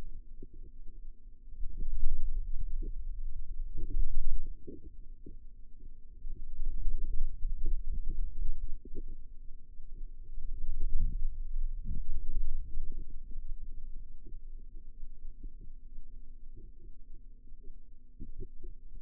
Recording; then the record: forearm muscle sounds (acoustic myography)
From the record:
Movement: radial deviation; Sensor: system 2, bracelet of six BSWA MPA416 microphones around the upper forearm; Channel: 3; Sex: female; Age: 22 years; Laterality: right